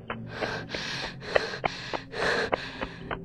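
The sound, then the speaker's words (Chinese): Heavy, ragged panting of someone out of breath after running fast to an office building's taxi drop-off area: about six or seven loud, breathy gasps in quick, uneven succession, with no talking. “佢气吓气喘咁跑到咗写字楼嘅的士落客区。”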